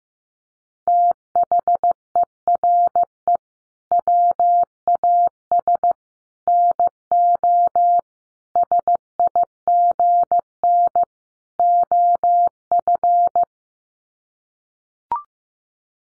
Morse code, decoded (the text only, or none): THERE WAS NO SIGN OF